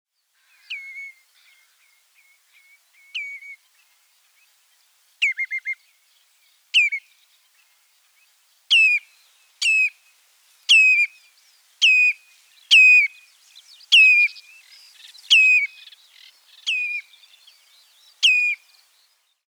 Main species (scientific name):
Tringa totanus